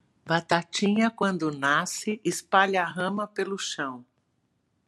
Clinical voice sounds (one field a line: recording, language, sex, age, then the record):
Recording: short text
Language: Brazilian Portuguese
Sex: female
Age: 60 to 69 years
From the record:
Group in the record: control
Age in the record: 64 years